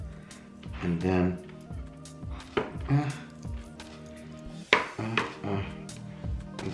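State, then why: Seated. A hard plastic ARTWIZZ Rubber Clip protective shell for a 2016/2017 MacBook is pressed onto the edge of the laptop's lid while someone talks over music in the background. Two sharp clicks at 4.7 s and 5.2 s are heard as the shell's clips engage, and the shell is seated on the lid edge.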